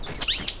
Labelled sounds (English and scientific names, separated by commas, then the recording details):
Stitchbird (Notiomystis cincta) song
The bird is a male
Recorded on Tiritiri Matangi Island, New Zealand, in 2005
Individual 1, of nest box 1